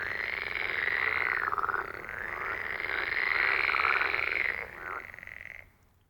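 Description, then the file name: Water frog giving grating, harmonic croaking trills, then fading to quiet at the end. "Grenouille verte"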